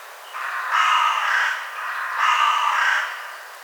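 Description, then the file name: Carrion crow giving two drawn-out, rasping caws, each lasting over a second, separated by a short pause. "Corvus corone"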